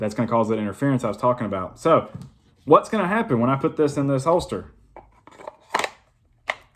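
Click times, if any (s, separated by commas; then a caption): 6.5 s. Someone talks, then pushes a PT-111 Millennium G2 pistol (the older version of the G2C) into an unmodified Alien Gear ShapeShift holster shell, making short handling knocks around 5.3–5.8 s. A single sharp click sounds at 6.5 s from the spring-loaded passive retention on one shell half. The active retention does not lock because the pistol's tighter radius causes an interference.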